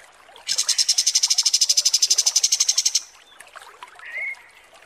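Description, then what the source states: Kapas tembak song: a rapid, even, high trill of about two and a half seconds, followed by quieter chips and a short whistle. Masteran (tutor recording for training cage birds) of kapas tembak song, described as 'mewah' (luxurious).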